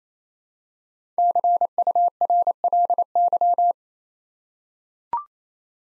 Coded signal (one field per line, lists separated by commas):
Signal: Morse code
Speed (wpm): 28 wpm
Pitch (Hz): 700 Hz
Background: none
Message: CURLY